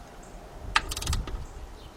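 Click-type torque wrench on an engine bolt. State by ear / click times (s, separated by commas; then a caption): torque reached / 0.8 s. A click-type torque wrench tightens a bolt on the engine during a starter replacement on a Cadillac Deville, Eldorado, SRX, STS, XLR, Oldsmobile Aurora, or Pontiac Bonneville. A sharp click at 0.8 s is followed by a short burst of rattling, ratchet-like noise. The bolt has reached the wrench's torque setting.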